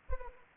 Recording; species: mosquito wingbeat signal from an infrared sensor; Anopheles arabiensis